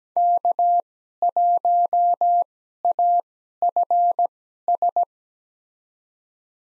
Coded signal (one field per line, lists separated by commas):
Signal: Morse code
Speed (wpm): 17 wpm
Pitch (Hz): 700 Hz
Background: none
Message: K1AFS